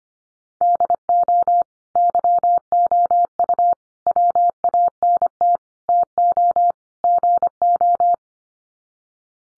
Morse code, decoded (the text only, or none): DO YOU WANT TO GO